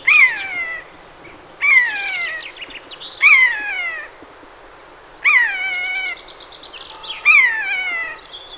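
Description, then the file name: Eurasian jay giving harsh, downward-sliding calls with rich harmonics, in bursts roughly every two seconds, with softer nasal and chattering notes between them. "Garrulus glandarius"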